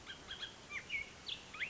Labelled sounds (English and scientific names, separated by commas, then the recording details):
Bullock's Oriole (Icterus bullockii)
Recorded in Sonoma County, California